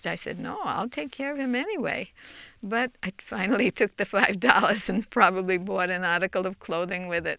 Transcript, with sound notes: I said, "No, I'll take care of him anyway." But I finally took the five dollars (she laughs) and probably bought an article of clothing with it.